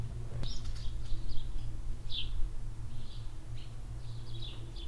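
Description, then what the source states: Swallow calls in scattered bright chirps, a few louder ones standing out, with gentle wind and a low hum beneath. Swallows flying under a shed roof in a barn yard at the village centre, Hoscheid; mellow wind; early afternoon in spring.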